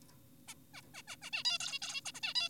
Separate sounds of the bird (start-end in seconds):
0.48-0.54, 0.74-0.82, 0.94-1.02, 1.08-1.16, 1.22-1.30, 1.33-1.43, 1.45-1.58, 1.60-1.79, 1.82-2.01, 2.06-2.12, 2.15-2.20, 2.23-2.34, 2.36-2.49